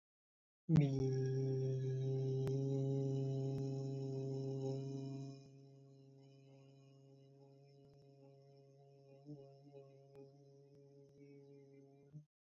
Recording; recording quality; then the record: sustained vowel as in beet; excellent, no background noise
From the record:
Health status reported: COVID-19 positive, no symptoms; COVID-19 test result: positive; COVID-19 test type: RT-PCR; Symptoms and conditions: sore throat, fatigue, loss of smell and taste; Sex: male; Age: 27 years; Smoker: no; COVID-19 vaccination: both doses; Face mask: not worn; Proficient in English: yes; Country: India